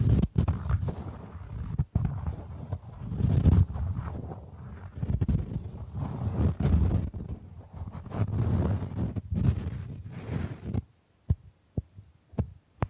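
Bamboo is scratched and brushed in a dense, rumbling low rustle with sharp taps, ending around eleven seconds in a few isolated knocks.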